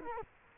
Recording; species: mosquito wingbeat signal from an infrared sensor; Culex quinquefasciatus